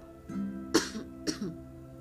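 Two short, sharp cough bursts about half a second apart, each followed by a brief voiced, throat-clearing sound. A plain cough from an adult man who is still not fully fit after illness but able to resume activities. A steady low hum runs underneath.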